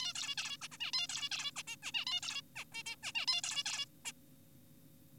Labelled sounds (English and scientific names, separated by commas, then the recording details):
Zebra Finch (Taeniopygia guttata)
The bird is an adult
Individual g4p5U